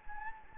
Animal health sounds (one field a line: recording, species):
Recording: mosquito wingbeat signal from an infrared sensor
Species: Anopheles gambiae